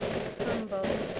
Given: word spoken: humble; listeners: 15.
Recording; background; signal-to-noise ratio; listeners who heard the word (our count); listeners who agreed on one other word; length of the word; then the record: one English word in noise, from a listening test; noise modulated by three-talker babble; -3.6 dB; 4 of 15; 7 of 15; 0.80 s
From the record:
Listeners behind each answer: 7, 4, 3, 1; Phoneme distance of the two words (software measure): 17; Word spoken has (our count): 2 syllables, 5 phonemes, stress on syllable 1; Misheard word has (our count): 2 syllables, 6 phonemes, stress on syllable 1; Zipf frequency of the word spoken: 4.02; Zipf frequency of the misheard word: 3.84